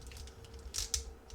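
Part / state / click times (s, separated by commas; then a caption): heel-to-toe clasp on a plastic transforming robot figure's leg / seated / 0.9 s. The heel and toe sections of a plastic transforming robot figure's leg are folded together until the clasp on their backs joins. A few light plastic ticks come first, then the clasp snaps shut with a sharp click at 0.9 s, putting the transformation in place.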